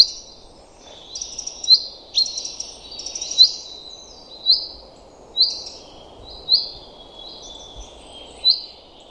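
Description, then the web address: Common chaffinch calls: brief, sharp high notes repeated every second or two, some slurred or doubled, over a soft low background hiss. "Deverinetal 2025"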